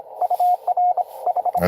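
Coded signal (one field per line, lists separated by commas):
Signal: Morse code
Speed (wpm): 21 wpm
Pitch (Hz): 720 Hz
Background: radio noise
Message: UR H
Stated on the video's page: Live Parks on the Air activation in CW.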